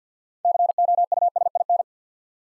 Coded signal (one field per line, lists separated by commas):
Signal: Morse code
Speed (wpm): 49 wpm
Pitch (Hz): 700 Hz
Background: none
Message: COUSIN